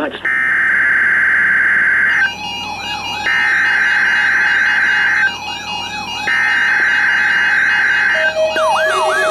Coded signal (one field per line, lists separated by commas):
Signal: Emergency Alert System (SAME) tones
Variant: header bursts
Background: speech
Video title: Required Weekly Test - 06/05/19 (EAS #1,858)